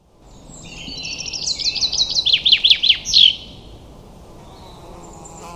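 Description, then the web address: Common chaffinch song: a fast run of bright notes descending in steps and ending in a sharp flourish. "Deverinetal 2025 File origin Bird Only Fr Co"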